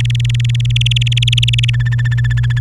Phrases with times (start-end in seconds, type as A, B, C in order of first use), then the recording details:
0.00-1.70 A, 1.74-2.59 B. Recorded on 29 April 2018 at 08:07. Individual llb3